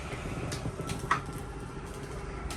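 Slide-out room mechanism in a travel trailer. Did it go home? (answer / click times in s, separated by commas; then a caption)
yes / 1.1 s. A travel trailer slide-out room mechanism is run out by holding the switch, and the motor keeps making a steady noise while it is held. A sharp click at 1.1 s marks the end of travel, with the slide-out seated at full extension.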